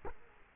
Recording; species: mosquito wingbeat signal from an infrared sensor; Culex quinquefasciatus